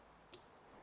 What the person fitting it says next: Just that small little click, but it comes out so easily.